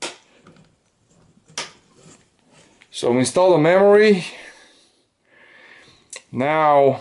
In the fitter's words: and you're going to hear two clicks when memory install properly